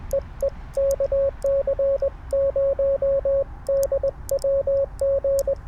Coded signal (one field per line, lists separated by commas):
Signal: Morse code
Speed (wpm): 20 wpm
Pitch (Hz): 550 Hz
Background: radio noise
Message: EE KC0DWG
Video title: CW POTA with my new N0SA M7! | #cw #morsecode #parksontheair